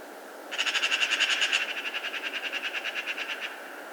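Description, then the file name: Eurasian magpie giving a harsh, rapid rattling chatter lasting about three seconds, louder at first and then slightly quieter, over a soft hiss. "Pica pica"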